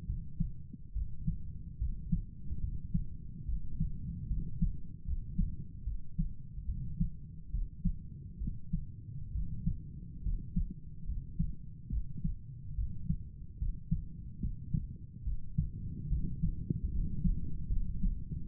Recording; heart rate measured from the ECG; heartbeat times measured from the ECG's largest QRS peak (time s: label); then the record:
heart sounds by stethoscope; 72 bpm
0.06 s: heartbeat
0.93 s: heartbeat
1.79 s: heartbeat
2.61 s: heartbeat
3.46 s: heartbeat
4.28 s: heartbeat
5.05 s: heartbeat
5.84 s: heartbeat
6.66 s: heartbeat
7.51 s: heartbeat
8.39 s: heartbeat
9.33 s: heartbeat
10.23 s: heartbeat
11.06 s: heartbeat
11.90 s: heartbeat
12.75 s: heartbeat
13.59 s: heartbeat
14.41 s: heartbeat
15.24 s: heartbeat
16.09 s: heartbeat
16.91 s: heartbeat
17.69 s: heartbeat
18.46 s: heartbeat
From the record:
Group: healthy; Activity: rest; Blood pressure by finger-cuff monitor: 116/65 mmHg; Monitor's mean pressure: 78 mmHg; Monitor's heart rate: 72 bpm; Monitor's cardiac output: 7.2 L/min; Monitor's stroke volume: 101 mL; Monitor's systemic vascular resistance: 800 dyn s/cm5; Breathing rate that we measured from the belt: 21 breaths a minute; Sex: male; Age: 35 years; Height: 180 cm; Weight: 86.9 kg